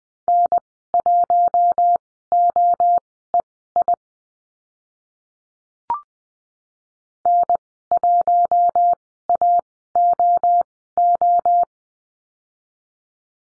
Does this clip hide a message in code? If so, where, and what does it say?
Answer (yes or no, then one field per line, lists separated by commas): yes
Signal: Morse code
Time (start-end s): 0.3-11.6 s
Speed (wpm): 20 wpm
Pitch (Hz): 700 Hz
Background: none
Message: N1OEI N1AOO